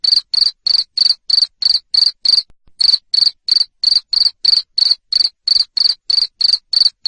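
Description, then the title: Cricket chirps, piercing high-pitched bursts in a fast even series, roughly three each second, briefly breaking off once. Loud cricket chirping (Indonesian "jangkrik ngerik") used to stimulate lovebirds to keep singing ("ngekek"). "Suara JANGKRIK NGERIK Keras Bikin LOVEBIRD Jadi NGEKEK Terus Vubey"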